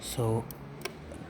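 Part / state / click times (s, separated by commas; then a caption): SD card into car navigation unit slot / seated / 0.9 s. An SD card is pushed into the card slot of a car navigation unit until it latches. Someone talks briefly at the start, then a sharp click is heard at 0.9 s as the card seats.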